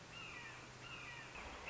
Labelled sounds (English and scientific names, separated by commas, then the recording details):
Red-shouldered Hawk (Buteo lineatus)
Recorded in Sonoma County, California